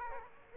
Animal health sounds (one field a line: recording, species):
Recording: mosquito wingbeat signal from an infrared sensor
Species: Culex quinquefasciatus